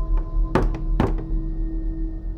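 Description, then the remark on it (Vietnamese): Heavy knocking on a door at night: two quick pairs of dull, booming thuds, preceded by a faint tap, over a steady low hum, with no voices. “Tiếng gõ cửa vang lên cùng cộp trong đêm.”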